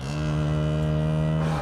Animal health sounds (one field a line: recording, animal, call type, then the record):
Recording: contact call of a hoofed animal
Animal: cattle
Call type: low-frequency (closed-mouth) or high-frequency (open-mouth) call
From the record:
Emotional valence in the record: negative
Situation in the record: full separation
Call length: 1.62 s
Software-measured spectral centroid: 1760 Hz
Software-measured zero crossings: 640 a second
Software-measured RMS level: -24 dBFS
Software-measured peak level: -13 dBFS